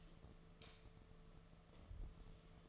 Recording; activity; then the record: daily activity, microphone in the room; light off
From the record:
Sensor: 4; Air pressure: 1015.6 hPa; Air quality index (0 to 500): 184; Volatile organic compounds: 9 ppm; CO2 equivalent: 2128 ppm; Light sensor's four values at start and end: 21/52/22/23 and 20/48/20/22